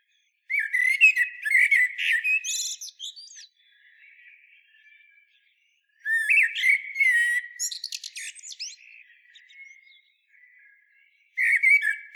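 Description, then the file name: Common blackbird song in three bursts: fluty warbles mixed with high chattering twitters, the first two phrases each followed by a soft trailing note and a pause. "Turdus merula"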